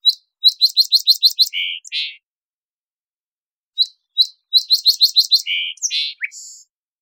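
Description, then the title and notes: Song sparrow singing two songs: a few sharp opening notes, then a quick run of repeated high chips and low buzzy notes, with a silent gap between songs. Song sparrow in the Pacific Northwest, Washington, United States, with an endless array of song verses; parabolic recording, clean-processed for clarity with natural pace and rhythm kept. "Song Sparrow - Melospiza Melodia - Songs. Recorded in the beautiful Pacific Northwest, Washington, United States"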